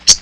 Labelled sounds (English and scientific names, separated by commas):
Common Yellowthroat (Geothlypis trichas) flight call